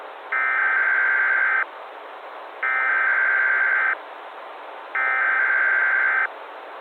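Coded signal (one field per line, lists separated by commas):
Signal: Emergency Alert System (SAME) tones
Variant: header bursts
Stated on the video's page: Fictional analog-horror EAS scenario with valid EAS tones, made with Capcut, Pixilr, eSpeak and Audacity.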